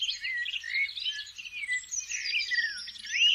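Common nightingale song, a fast, varied warble of high twittering and sliding whistled notes running continuously without pause.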